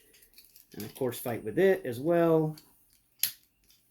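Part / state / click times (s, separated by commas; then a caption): front leg panel into the leg of a transforming robot toy / seated / 3.2 s. Someone talks while clipping the thin plastic front panel of a transforming robot toy's leg (a Combiner Wars Constructicon Hook, part of Devastator) into place after some struggle. A sharp, bright click at 3.2 s shows the leg segment is seated.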